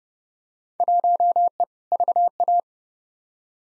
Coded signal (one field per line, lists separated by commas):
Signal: Morse code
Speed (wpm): 30 wpm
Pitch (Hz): 700 Hz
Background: none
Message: 1E VA